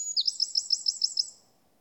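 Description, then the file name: Eurasian wren call: a rapid, evenly spaced series of about eight sharp, high chipping notes over a little more than a second, then quiet. "Troglodytes troglodytes"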